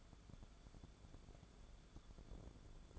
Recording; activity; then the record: daily activity, microphone in the room; take from stove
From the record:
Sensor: 5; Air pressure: 1010.5 hPa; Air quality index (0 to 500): 112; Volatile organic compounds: 2 ppm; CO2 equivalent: 1105 ppm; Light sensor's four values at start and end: 558/1412/587/680 and 551/1414/584/679